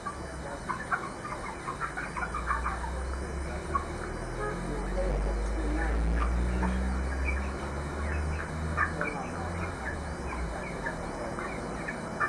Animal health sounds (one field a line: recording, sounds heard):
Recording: poultry house recording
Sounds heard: healthy chickens